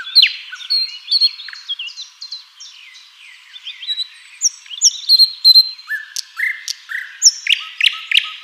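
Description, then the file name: Common nightingale song of varied chirps, whistled slurs and short rattles, with several low steady whistles toward the end, phrases separated by brief pauses. "Luscinia megarhynchos"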